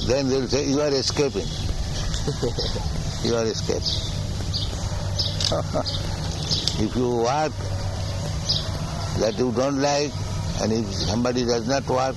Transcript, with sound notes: Then they will say, "You are escaping. You are escaping." [laughs] If you work, that you don't like, and if somebody does not work,